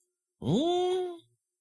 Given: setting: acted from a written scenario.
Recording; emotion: vocal sound without words; disgust